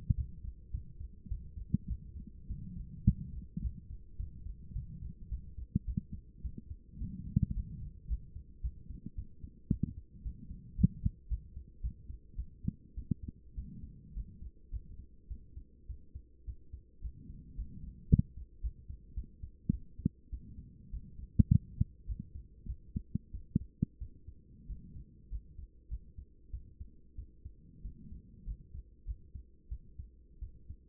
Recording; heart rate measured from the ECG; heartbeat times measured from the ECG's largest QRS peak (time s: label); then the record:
heart sounds by stethoscope; 103 bpm
0.16 s: heartbeat
0.72 s: heartbeat
1.29 s: heartbeat
1.88 s: heartbeat
2.48 s: heartbeat
3.05 s: heartbeat
3.62 s: heartbeat
4.17 s: heartbeat
4.74 s: heartbeat
5.29 s: heartbeat
5.86 s: heartbeat
6.42 s: heartbeat
6.99 s: heartbeat
7.55 s: heartbeat
8.08 s: heartbeat
8.62 s: heartbeat
9.16 s: heartbeat
9.70 s: heartbeat
10.23 s: heartbeat
10.76 s: heartbeat
11.29 s: heartbeat
11.82 s: heartbeat
12.36 s: heartbeat
12.95 s: heartbeat
13.55 s: heartbeat
14.14 s: heartbeat
14.71 s: heartbeat
15.28 s: heartbeat
15.87 s: heartbeat
16.45 s: heartbeat
17.02 s: heartbeat
17.56 s: heartbeat
18.09 s: heartbeat
18.61 s: heartbeat
19.15 s: heartbeat
19.71 s: heartbeat
20.30 s: heartbeat
20.91 s: heartbeat
21.50 s: heartbeat
22.07 s: heartbeat
22.66 s: heartbeat
23.32 s: heartbeat
23.99 s: heartbeat
24.67 s: heartbeat
25.30 s: heartbeat
25.89 s: heartbeat
26.51 s: heartbeat
27.16 s: heartbeat
27.82 s: heartbeat
28.45 s: heartbeat
29.05 s: heartbeat
29.69 s: heartbeat
30.39 s: heartbeat
From the record:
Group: healthy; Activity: rest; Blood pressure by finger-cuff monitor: 146/80 mmHg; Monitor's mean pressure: 97 mmHg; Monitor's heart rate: 105 bpm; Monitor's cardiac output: 8.8 L/min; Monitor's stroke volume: 80 mL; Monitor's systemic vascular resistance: 820 dyn s/cm5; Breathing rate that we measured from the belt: 18 breaths a minute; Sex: female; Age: 24 years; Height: 163 cm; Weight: 55.7 kg